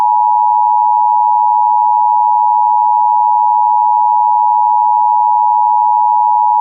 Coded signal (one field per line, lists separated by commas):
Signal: Emergency Alert System (SAME) tones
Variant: 853 and 960 Hz attention tone